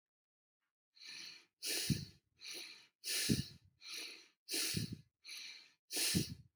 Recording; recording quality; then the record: shallow breathing; excellent, no background noise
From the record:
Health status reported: healthy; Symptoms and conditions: diabetes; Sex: male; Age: 57 years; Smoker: not ticked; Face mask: not worn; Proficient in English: yes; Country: India